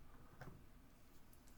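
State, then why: Not seated. Plastic parts of a Transformers Legacy 2023 Nemesis Lio Convoy transforming action figure are handled and worked into position to lock onto the figure's top half. Quiet handling noise comes through, with a brief faint tap around 0.4 s. Nothing has seated or clicked yet.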